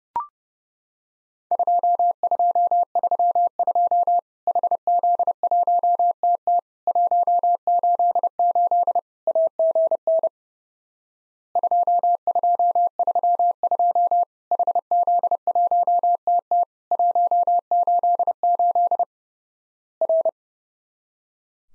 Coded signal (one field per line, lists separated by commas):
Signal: Morse code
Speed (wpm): 30 wpm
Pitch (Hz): 700 Hz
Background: none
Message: 2232 HZ1TT 188 AGN 2232 HZ1TT 188 R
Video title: Worked All Europe DX Contest QTC Exchange with Repeats 30wpm